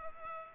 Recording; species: mosquito wingbeat signal from an infrared sensor; Culex pipiens